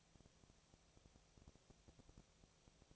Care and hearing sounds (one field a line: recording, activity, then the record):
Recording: daily activity, microphone in the room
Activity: no activity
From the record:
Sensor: 1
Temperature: 19.8 degrees Celsius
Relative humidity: 37.9%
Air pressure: 998.8 hPa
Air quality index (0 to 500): 233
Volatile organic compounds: 134 ppm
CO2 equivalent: 3946 ppm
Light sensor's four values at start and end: 1/2/1/1 and 1/2/1/1